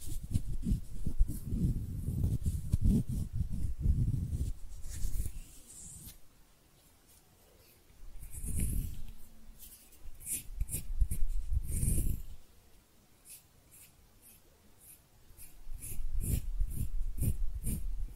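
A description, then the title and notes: Hand sounds come in bursts of rubbing and brushing, thick with low thumps and dry scratchy hiss for the first five seconds, then pausing into near silence. Shorter rustling passages return around eight and eleven seconds, and a string of crisp, evenly spaced taps closes the clip. ASMR Relaxing Hand Sounds (No Talking).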